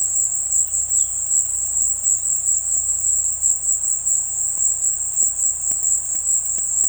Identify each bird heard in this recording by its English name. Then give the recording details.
none. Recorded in dense forest near Puerto Asís, Putumayo, Colombia, on 21 February 2024 at 16:30. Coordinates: 0.487, -76.319. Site G6403